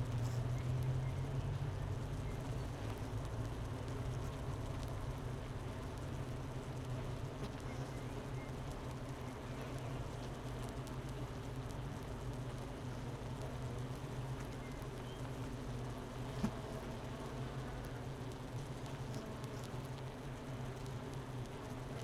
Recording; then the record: honeybee colony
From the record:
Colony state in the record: missing queen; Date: 31 May 2018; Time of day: 10:40